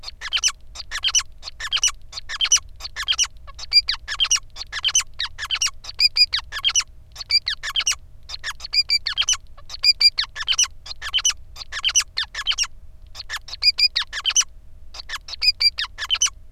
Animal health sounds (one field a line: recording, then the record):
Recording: song of a male Bengalese finch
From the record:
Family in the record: son of father 5